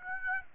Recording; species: mosquito wingbeat signal from an infrared sensor; Aedes aegypti